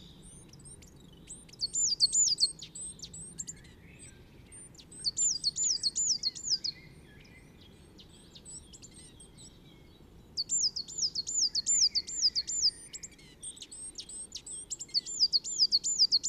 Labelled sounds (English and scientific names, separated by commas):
Coal Tit (Periparus ater) song